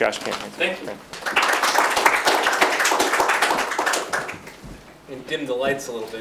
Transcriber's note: clapping